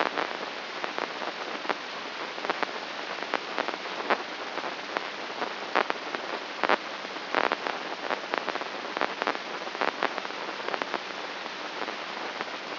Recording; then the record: brain microelectrode recording played as sound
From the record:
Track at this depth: outside the subthalamic nucleus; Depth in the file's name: 7.828 mm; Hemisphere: left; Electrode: 3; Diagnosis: Parkinson's disease